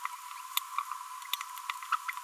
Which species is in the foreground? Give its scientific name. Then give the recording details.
Forpus passerinus. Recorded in a nest box in Venezuela. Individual 18B25A4